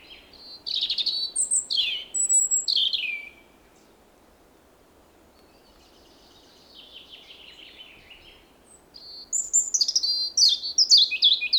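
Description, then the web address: European robin singing in two bursts of high, varied whistles and tumbling trills, separated by a long near-silent pause with faint notes. "SETE Erithacus rubecula"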